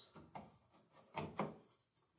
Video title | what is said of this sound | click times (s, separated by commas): how to connect a interconnected smoke detector to the smoke detector circuit | and you just turn it, and it is snapped in place. | 1.2 s, 1.4 s